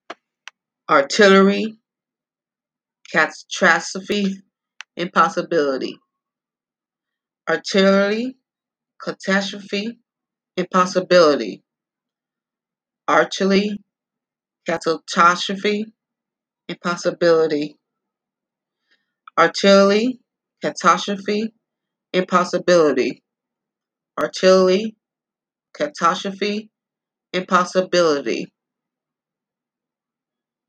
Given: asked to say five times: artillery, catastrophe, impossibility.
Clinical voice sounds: three words, each repeated; female; 30 to 39 years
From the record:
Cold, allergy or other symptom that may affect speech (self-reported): no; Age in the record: 39 years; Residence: United States

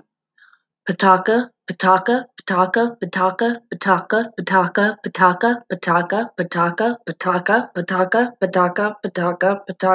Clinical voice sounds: repeated syllables /pa ta ka/; female; 30 to 39 years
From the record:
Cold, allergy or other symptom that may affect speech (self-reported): no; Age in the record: 35 years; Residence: Nebraska, United States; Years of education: 12

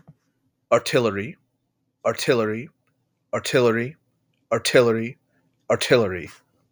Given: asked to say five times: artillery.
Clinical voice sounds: repeated word; male; 30 to 39 years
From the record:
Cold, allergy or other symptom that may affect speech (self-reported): no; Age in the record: 32 years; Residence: Indiana, United States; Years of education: 18

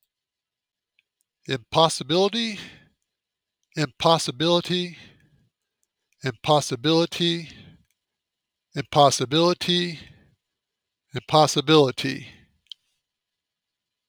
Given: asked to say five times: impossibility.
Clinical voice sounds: repeated word; male; 50 to 59 years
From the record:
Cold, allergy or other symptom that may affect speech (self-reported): no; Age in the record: 55 years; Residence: New Mexico, United States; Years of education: 16

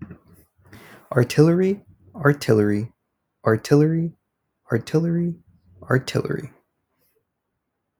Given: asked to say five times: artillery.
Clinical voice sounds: repeated word; male; 20 to 29 years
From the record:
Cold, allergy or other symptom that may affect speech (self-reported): no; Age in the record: 22 years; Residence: Florida, United States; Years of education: 15

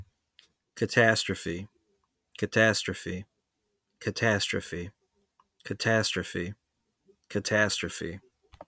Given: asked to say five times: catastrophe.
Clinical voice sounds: repeated word; male; 20 to 29 years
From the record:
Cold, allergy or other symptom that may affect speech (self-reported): no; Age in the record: 29 years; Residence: New York, United States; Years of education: 16

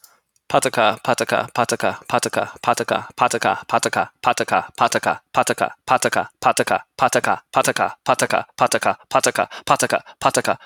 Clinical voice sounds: repeated syllables /pa ta ka/; male; 30 to 39 years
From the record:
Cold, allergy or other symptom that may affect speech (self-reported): no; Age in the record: 32 years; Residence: Virginia, United States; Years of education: 16

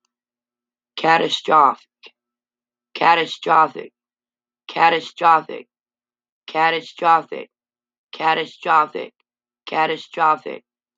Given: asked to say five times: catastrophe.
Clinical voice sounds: repeated word; female; 40 to 49 years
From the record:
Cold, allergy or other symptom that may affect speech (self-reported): no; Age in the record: 42 years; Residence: Iowa, United States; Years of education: 14

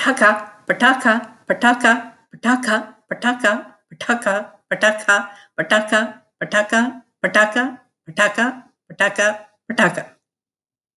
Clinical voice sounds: repeated syllables /pa ta ka/; female; 30 to 39 years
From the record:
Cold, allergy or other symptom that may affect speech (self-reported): no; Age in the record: 36 years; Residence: United States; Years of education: 16

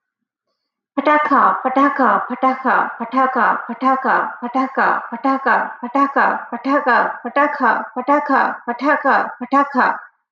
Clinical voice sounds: repeated syllables /pa ta ka/; female; 20 to 29 years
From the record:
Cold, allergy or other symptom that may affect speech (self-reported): no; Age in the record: 28 years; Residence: Texas, United States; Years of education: 20

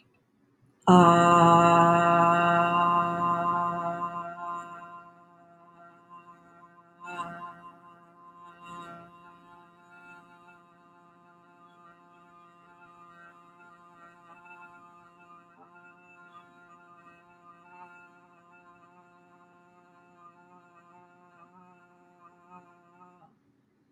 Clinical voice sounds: vowel held as long as possible; female; 50 to 59 years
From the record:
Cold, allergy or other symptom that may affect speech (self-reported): no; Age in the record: 51 years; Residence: Florida, United States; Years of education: 12

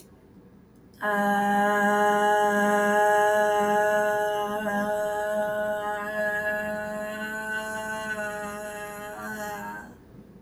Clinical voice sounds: vowel held as long as possible; female; 30 to 39 years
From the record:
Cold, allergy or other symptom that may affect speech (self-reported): no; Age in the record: 31 years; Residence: United States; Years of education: 18

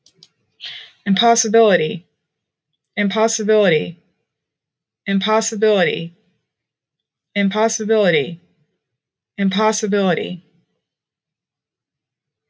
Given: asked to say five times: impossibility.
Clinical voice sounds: repeated word; female; 40 to 49 years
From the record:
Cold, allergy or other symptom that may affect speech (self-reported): no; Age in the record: 42 years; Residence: Illinois, United States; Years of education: 14

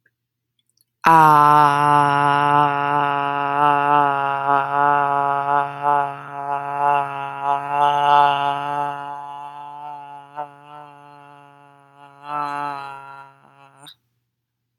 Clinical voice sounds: vowel held as long as possible; female; 30 to 39 years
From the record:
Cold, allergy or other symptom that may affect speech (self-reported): no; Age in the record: 34 years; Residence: Nevada, United States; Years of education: 18

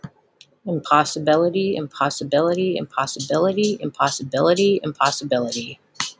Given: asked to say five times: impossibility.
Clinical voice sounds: repeated word; female; 30 to 39 years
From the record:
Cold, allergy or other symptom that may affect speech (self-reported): no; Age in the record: 34 years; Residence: Virginia, United States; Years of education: 14

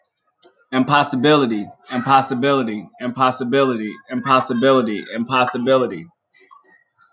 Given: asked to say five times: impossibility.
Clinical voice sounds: repeated word; male; 30 to 39 years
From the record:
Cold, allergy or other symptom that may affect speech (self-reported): no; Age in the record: 33 years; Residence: North Carolina, United States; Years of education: 12

